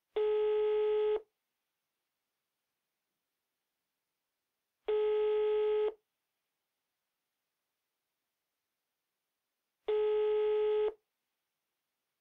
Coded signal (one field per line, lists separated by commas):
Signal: telephone call progress tone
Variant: Europe, 425 Hz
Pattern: ringback tone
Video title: SFX - SOUND EFFECT: PHONE "RING - BACK - TONE " - TELEFON "FREIZEICHEN"